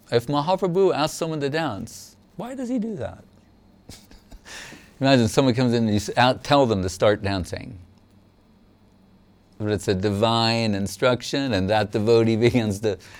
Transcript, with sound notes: “If Mahāprabhu asked someone to dance, why does he do that?” [Laughter] Right, if someone comes in you should tell them to start dancing. But it’s a divine instruction, and that devotee begins to,